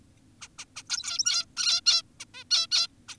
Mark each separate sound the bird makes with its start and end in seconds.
0.42-0.48, 0.59-0.65, 0.76-0.83, 0.90-1.46, 1.57-1.81, 1.86-2.02, 2.20-2.25, 2.34-2.44, 2.51-2.67, 2.72-2.88, 3.08-3.15